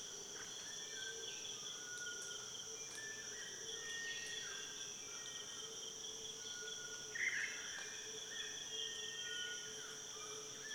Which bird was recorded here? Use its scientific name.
Illadopsis rufipennis